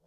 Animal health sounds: pig call; piglet (1 to 25 days)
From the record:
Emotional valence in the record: positive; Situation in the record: reunion after long isolation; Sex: male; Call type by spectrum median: low-frequency call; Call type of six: low-frequency stable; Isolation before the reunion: 8 minutes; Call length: 0.07 s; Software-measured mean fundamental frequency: 25 Hz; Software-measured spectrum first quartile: 332 Hz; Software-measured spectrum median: 660 Hz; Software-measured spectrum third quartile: 4226 Hz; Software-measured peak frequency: 584 Hz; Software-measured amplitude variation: 66 dB a second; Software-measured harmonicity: 6.4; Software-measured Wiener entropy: -3.74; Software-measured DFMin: 784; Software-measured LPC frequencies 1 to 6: 582, 2471, 3397, 4381, 5243, 6260 Hz

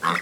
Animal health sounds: pig call; piglet (1 to 25 days)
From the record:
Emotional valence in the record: negative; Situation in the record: missed nursing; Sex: male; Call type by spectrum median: low-frequency call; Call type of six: low-frequency tonal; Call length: 0.22 s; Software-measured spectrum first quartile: 987 Hz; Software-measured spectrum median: 1346 Hz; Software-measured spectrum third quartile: 2130 Hz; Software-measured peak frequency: 1095 Hz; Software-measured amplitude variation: 184 dB a second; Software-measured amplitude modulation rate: 20.2 a second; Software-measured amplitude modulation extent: 9.1 dB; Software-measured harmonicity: 2.3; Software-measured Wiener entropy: -1.14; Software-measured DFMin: 729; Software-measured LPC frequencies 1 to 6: 1142, 1991, 3615, 5111, 7417, 9388 Hz

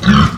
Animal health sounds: pig call; growing-finishing pig (85 days or more)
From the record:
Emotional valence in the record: positive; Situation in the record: run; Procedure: transit

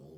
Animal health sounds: pig call; piglet (1 to 25 days)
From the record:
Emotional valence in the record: negative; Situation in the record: short isolation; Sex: female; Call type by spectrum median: low-frequency call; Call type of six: low-frequency stable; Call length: 0.18 s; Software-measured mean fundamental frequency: 75 Hz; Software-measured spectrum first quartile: 167 Hz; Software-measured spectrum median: 313 Hz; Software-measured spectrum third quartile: 481 Hz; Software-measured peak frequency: 386 Hz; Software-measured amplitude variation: 81 dB a second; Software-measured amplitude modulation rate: 25.6 a second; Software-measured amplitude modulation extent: 3.2 dB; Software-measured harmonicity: -0.1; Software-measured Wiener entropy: 0.47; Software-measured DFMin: 1590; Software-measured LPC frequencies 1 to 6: 422, 3360, 4430, 5132, 6140, 7611 Hz

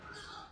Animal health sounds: pig call; growing-finishing pig (85 days or more)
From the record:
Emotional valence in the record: positive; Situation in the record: run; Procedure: transit

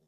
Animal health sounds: pig call; piglet (1 to 25 days)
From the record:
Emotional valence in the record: positive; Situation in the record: reunion after long isolation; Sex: female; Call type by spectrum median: low-frequency call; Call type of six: low-frequency stable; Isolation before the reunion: 8 minutes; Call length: 0.08 s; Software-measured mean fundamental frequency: 44 Hz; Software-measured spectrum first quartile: 264 Hz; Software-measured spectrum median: 898 Hz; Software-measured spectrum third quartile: 12457 Hz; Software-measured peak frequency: 153 Hz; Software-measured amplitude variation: 34 dB a second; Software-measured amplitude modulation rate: 6.2 a second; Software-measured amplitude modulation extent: 5.4 dB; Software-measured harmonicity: 7.6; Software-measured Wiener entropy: -3.71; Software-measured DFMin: 911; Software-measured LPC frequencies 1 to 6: 420, 3576, 5390, 6314, 7232, 8736 Hz

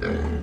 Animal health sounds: pig call; growing-finishing pig (85 days or more)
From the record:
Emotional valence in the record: negative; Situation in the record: barren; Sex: male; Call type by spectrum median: low-frequency call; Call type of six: low-frequency modulated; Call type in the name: low-frequency modulated, not sure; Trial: 4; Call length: 0.43 s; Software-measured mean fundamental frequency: 72 Hz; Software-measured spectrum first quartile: 121 Hz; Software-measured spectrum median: 301 Hz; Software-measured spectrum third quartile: 717 Hz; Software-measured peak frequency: 420 Hz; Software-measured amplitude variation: 94 dB a second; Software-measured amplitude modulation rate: 28.9 a second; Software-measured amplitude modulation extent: 3.3 dB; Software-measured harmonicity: -2.2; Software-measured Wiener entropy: -0.98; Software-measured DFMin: 894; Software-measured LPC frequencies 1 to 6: 406, 1562, 2236, 3182, 3713, 4977 Hz

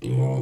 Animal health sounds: pig call; weaner (32 to 43 days)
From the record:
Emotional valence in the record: negative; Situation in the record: short isolation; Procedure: open field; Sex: female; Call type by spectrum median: low-frequency call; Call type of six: low-frequency stable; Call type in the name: low-frequency stable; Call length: 0.42 s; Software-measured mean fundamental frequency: 64 Hz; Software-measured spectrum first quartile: 129 Hz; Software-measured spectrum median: 181 Hz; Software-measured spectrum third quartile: 450 Hz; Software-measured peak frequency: 132 Hz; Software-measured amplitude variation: 68 dB a second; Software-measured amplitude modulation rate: 16.8 a second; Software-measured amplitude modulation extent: 4.1 dB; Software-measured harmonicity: -0.2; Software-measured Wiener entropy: -1.00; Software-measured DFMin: 863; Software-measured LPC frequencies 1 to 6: 2236, 3160, 4030, 5015, 7349, 8030 Hz

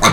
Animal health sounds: pig call; piglet (1 to 25 days)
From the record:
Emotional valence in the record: positive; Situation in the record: reunion after long isolation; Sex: male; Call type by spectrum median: low-frequency call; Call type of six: low-frequency tonal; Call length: 0.12 s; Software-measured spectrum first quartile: 794 Hz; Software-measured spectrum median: 1641 Hz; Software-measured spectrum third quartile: 3929 Hz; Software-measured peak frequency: 1152 Hz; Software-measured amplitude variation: 79 dB a second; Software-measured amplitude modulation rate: 12.3 a second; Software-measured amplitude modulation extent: 6.4 dB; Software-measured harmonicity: 0.2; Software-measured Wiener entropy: -2.02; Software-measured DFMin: 509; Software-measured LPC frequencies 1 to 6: 1180, 2149, 3647, 6170, 7662, 8172 Hz

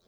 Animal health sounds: pig call; piglet (1 to 25 days)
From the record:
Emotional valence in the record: positive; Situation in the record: short reunion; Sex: female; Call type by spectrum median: low-frequency call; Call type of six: low-frequency tonal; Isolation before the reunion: 3 minutes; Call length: 0.08 s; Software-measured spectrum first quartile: 421 Hz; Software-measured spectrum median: 1689 Hz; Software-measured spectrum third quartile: 5150 Hz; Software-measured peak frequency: 194 Hz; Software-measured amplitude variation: 30 dB a second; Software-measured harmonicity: 2.7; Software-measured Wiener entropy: -1.76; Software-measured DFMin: 1140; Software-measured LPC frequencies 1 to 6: 545, 1301, 3509, 3934, 5283, 6212 Hz

